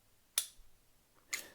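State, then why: Seated. The magnetic back battery door of a white Joyetech eVic VTC Mini 75W vape mod, held by very strong magnets, is slid back onto the mod's metal body. A sharp, bright click at 0.4 s marks the door snapping home and seating, followed by a softer second click at 1.3 s against a quiet background.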